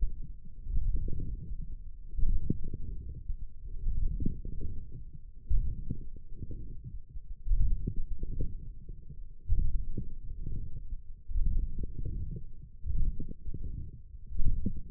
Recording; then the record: forearm muscle sounds (acoustic myography)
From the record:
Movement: forearm pronation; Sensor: system 1, eight BSWA MPA416 microphones around the upper forearm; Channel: 4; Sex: male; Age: 21 years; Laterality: right